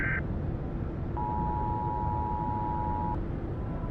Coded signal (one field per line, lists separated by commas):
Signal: Emergency Alert System (SAME) tones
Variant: 853 and 960 Hz attention tone